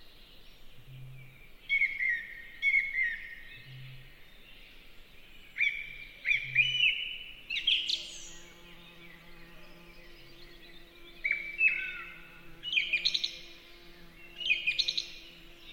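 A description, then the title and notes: A song thrush sings in short, bright phrases of whistles and sharp chirps, each lasting about a second, with pauses between them. The phrases vary in pitch and come roughly every two seconds. A low, steady hum sits underneath from about eight seconds on. Song Thrush.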